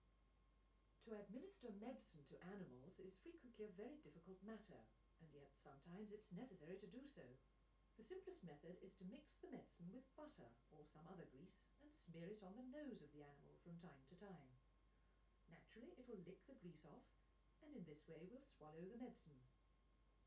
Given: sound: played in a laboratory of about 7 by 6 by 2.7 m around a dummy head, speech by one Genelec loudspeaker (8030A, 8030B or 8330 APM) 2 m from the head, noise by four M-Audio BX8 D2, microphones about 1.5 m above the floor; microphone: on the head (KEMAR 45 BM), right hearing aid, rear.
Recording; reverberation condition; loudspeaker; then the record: female speech in English; low; 30 degrees to the left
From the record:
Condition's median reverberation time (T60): about 310 ms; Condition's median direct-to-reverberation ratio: about 3.5 dB